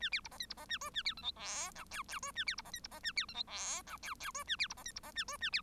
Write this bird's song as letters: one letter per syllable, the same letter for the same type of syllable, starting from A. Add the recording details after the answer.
A B C D E C D A F A B G H I J K K F A B C D E C D A B G H I J K K F A B C D E C D A F A B. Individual Bird1